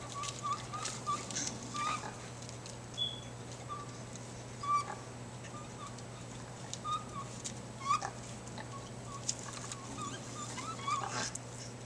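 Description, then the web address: Raccoons giving sparse short chirps and brief scuffling noises, with quieter gaps between bouts and a continuous low hum underneath. Raccoon fight, recorded 12 April 2010 at 02:41. "raccoons sounds 2010 04 12 02 41 12 raccoon fight"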